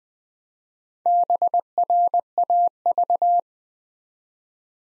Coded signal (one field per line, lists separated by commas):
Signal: Morse code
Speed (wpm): 20 wpm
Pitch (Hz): 700 Hz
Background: none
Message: BRAV